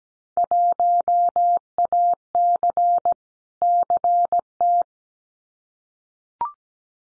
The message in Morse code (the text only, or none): 1AC CT